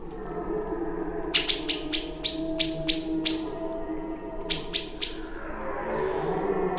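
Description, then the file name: Common blackbird giving sharp, clicking chink calls in a fast series of about eight, then a pause and a shorter burst, over a low steady background rumble. "Turdus merula"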